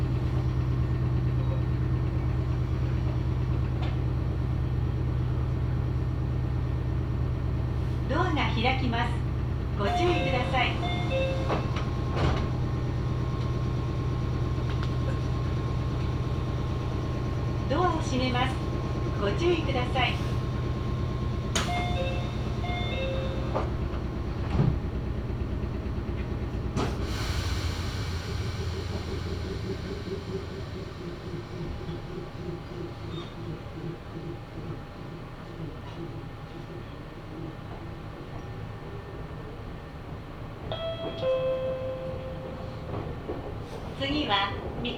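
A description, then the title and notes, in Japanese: Meitetsu Mikawa Line train ride: steady low rumble, chimes and announcements around 8–24 seconds, a loud burst near 27 seconds, then quieter running. 名古屋鉄道 三河線（海線）碧南→知立。通学ラッシュになってました。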